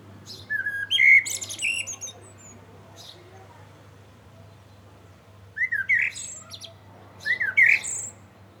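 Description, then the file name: Common blackbird song with fluted warbling notes topped by shrill twittering flourishes, first in a long phrase and later in two shorter bursts, with a steady low hum behind. "Turdus merula"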